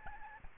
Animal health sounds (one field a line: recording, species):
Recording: mosquito wingbeat signal from an infrared sensor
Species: Aedes albopictus